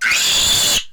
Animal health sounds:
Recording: pig call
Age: piglet (1 to 25 days)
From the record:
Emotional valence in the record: negative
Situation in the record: castration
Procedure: castration, cut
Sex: male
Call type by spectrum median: high-frequency call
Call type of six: high-frequency modulated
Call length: 0.94 s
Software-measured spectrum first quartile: 2880 Hz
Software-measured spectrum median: 4298 Hz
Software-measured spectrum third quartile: 6919 Hz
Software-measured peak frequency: 3452 Hz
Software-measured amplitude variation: 74 dB a second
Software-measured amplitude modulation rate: 27.3 a second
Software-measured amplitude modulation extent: 2.7 dB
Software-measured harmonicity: 2.3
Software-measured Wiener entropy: -1.99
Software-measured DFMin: 658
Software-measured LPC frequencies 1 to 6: 1503, 2545, 3457, 4576, 7053, 8617 Hz

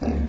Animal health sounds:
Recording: pig call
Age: growing-finishing pig (85 days or more)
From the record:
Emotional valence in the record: negative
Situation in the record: barren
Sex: female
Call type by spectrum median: low-frequency call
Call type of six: low-frequency stable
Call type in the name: low-frequency stable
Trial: 3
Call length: 0.28 s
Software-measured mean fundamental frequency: 70 Hz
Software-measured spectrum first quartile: 82 Hz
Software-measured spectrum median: 197 Hz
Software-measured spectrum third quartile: 354 Hz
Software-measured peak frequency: 239 Hz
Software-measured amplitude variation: 105 dB a second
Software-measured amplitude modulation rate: 26.6 a second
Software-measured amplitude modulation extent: 3.9 dB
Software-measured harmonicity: -1.4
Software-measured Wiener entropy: -0.77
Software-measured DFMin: 768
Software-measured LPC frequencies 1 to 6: 1776, 2559, 3865, 4835, 5800, 7011 Hz

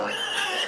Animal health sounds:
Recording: pig call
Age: piglet (1 to 25 days)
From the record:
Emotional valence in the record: negative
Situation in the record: missed nursing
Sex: male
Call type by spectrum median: low-frequency call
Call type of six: high-frequency modulated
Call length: 0.68 s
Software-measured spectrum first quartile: 1133 Hz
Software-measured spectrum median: 2239 Hz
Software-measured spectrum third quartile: 3458 Hz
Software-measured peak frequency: 2871 Hz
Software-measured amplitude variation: 92 dB a second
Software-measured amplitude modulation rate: 25.6 a second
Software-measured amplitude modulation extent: 3.6 dB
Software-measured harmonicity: 1.8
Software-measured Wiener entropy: -1.41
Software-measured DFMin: 1427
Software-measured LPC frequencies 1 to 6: 700, 1692, 2826, 3097, 4855, 5597 Hz

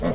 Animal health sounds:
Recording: pig call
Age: piglet (1 to 25 days)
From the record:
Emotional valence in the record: positive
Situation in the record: reunion after long isolation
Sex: female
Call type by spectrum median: low-frequency call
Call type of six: low-frequency tonal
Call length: 0.15 s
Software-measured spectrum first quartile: 179 Hz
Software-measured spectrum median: 377 Hz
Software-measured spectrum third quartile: 664 Hz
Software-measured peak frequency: 162 Hz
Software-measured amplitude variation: 78 dB a second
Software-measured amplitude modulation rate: 16.7 a second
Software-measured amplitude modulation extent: 4.6 dB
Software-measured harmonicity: 0.5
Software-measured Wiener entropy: -0.69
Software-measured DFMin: 585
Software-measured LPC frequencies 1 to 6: 528, 1999, 2998, 3615, 4652, 7632 Hz

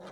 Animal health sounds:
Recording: pig call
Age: piglet (1 to 25 days)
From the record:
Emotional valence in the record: negative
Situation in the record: long isolation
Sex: male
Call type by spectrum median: low-frequency call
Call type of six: low-frequency tonal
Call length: 0.12 s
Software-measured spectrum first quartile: 430 Hz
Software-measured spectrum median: 718 Hz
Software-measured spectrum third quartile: 1549 Hz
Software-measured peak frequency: 544 Hz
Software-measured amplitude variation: 56 dB a second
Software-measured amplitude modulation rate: 12.2 a second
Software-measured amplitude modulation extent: 4.6 dB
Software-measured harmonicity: 1.9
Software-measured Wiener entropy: -0.60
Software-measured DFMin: 590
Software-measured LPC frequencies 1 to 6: 585, 1300, 3291, 3854, 5745, 6253 Hz

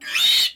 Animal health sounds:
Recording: pig call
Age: piglet (1 to 25 days)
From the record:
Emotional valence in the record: negative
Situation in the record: restrain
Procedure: sham castration, cut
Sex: male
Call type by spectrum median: high-frequency call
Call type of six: high-frequency modulated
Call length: 0.55 s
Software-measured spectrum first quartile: 3278 Hz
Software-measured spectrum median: 3776 Hz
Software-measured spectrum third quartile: 4741 Hz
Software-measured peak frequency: 3754 Hz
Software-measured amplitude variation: 125 dB a second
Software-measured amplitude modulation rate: 17.1 a second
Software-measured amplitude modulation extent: 7.3 dB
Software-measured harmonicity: 5.0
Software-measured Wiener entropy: -2.57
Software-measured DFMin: 615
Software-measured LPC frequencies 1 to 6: 3065, 3743, 4349, 5302, 6616, 7446 Hz

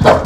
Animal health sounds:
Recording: pig call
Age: growing-finishing pig (85 days or more)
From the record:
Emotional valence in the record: positive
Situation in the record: run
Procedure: transit

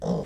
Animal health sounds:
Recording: pig call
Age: piglet (1 to 25 days)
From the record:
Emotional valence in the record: negative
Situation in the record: long isolation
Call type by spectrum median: low-frequency call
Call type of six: low-frequency modulated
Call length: 0.26 s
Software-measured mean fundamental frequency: 61 Hz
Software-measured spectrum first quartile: 175 Hz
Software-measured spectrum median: 336 Hz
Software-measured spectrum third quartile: 576 Hz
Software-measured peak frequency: 177 Hz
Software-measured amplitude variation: 126 dB a second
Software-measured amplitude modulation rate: 21.4 a second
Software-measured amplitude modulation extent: 5.9 dB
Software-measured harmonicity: 3.3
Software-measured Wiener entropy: -0.56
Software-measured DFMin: 726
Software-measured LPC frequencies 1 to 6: 521, 1841, 3245, 3685, 5402, 7194 Hz

